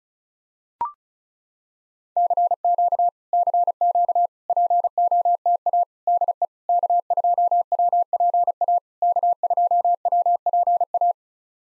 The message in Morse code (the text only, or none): CQ CQ POTA DE K2WPA K2WPA